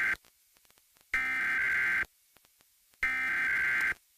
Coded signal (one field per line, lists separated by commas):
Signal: Emergency Alert System (SAME) tones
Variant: header bursts